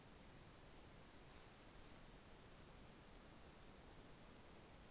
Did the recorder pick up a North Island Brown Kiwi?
no